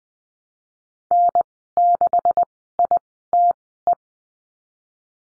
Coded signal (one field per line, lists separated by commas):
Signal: Morse code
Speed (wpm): 20 wpm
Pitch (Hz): 700 Hz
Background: none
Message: N6ITE